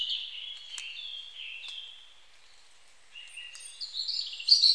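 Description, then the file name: European robin: thin, high drawn-out notes followed by a bright burst of tinkling song, punctuated by a few soft clicks. "Erithacus rubecula"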